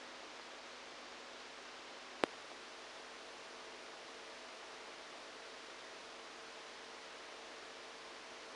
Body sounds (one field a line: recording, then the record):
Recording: brain microelectrode recording played as sound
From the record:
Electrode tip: outside the subthalamic nucleus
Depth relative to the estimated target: -6 mm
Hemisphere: right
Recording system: NeuroSet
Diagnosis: Parkinson's disease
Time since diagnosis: 14 years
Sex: male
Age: 51 years